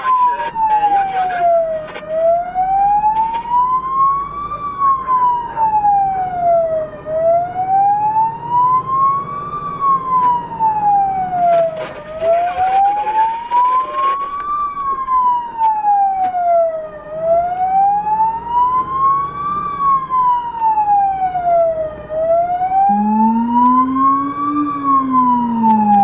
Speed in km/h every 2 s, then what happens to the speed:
20, 24, 29, 35, 38, 36, 34, 31, 28, 29, 30, 34, 37.
0-8 speeds up to 38. 10-15 slows to 28. 19-26 speeds up to 37.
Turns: none.